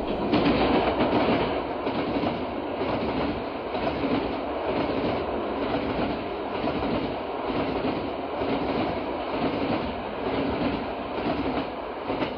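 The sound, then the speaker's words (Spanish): A train clatters steadily along the rails, a dense rumbling roar with a faint repeating clickety-clack rhythm underneath, holding an even loudness throughout with no voices. “Trenes. Para mí, definitivamente, el mejor modo de viajar es en tren.”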